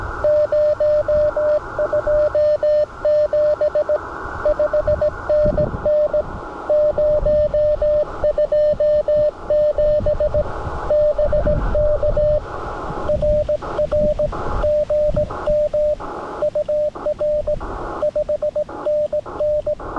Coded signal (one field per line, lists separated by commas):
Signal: Morse code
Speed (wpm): 17 wpm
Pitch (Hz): 590 Hz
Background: radio noise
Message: 027 5NN 027 BK RR GM UR 5NN